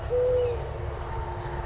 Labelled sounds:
Eurasian Collared Dove (Streptopelia decaocto)

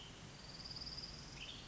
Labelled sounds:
Western Tanager (Piranga ludoviciana)

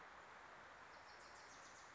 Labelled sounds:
Wilson's Warbler (Cardellina pusilla)

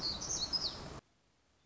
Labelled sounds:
Black-throated Gray Warbler (Setophaga nigrescens)

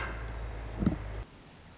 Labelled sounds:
Pacific Wren (Troglodytes pacificus)

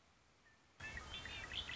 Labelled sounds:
Red-winged Blackbird (Agelaius phoeniceus)

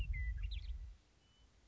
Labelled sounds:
Western Meadowlark (Sturnella neglecta)

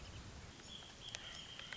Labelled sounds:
Wrentit (Chamaea fasciata)

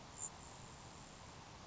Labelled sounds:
Grasshopper Sparrow (Ammodramus savannarum)

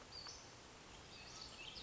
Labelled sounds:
Western Flycatcher (Empidonax difficilis)

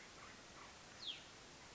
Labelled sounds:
Hutton's Vireo (Vireo huttoni)

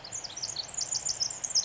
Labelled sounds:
Pacific Wren (Troglodytes pacificus)

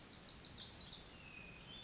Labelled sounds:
Pacific Wren (Troglodytes pacificus)

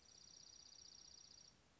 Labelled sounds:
Dark-eyed Junco (Junco hyemalis)

